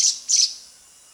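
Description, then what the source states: Streaked bulbul giving two short, high chirping notes in quick succession, then quiet. Recorded at Danum on 1 January 2008.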